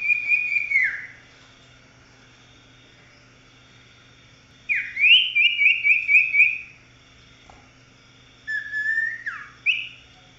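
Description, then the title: Oriental magpie-robin song of loud whistles, downslurred notes and a rapid stuttering series of rising notes, delivered in bursts separated by pauses. "Kicau Kacer"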